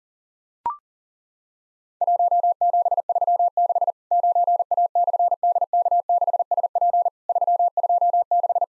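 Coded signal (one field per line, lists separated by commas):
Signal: Morse code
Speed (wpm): 40 wpm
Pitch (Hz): 700 Hz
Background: none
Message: 1736 9A/DK6SP 326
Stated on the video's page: Simulated Worked All Europe DX Contest CW QTC exchange practice at 40 wpm, with repeat requests.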